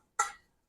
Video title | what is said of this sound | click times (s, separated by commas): Unboxing and Assembly of Shelves Unit | So, that's going to snap in place. | 0.2 s